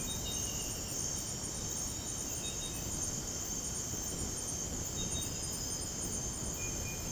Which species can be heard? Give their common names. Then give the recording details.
none. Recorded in dense forest near Puerto Asís, Putumayo, Colombia, on 21 February 2024 at 04:00. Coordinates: 0.486, -76.316. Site G6437